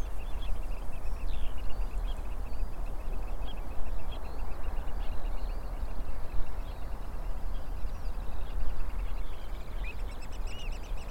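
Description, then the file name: Eurasian oystercatchers in a fast piping trill, high shrill notes tumbling in quick series with a few louder individual calls, set against constant low-pitched background rumble. Several oystercatchers at Rye Harbour river mouth, recorded 9 May 2022. "220509 Rye Harbour river mouth Oystercatchers"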